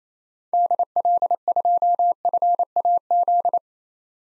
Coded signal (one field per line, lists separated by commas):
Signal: Morse code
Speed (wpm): 28 wpm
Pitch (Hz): 700 Hz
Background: none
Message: DL2FAZ